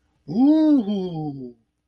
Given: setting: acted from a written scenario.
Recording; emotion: vocal sound without words; awe